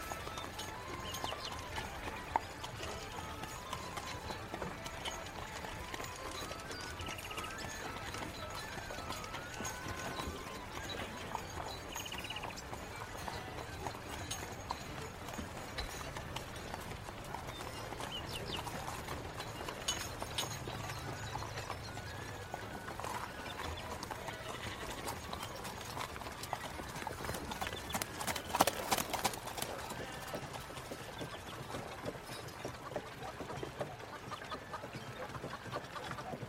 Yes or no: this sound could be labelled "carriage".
yes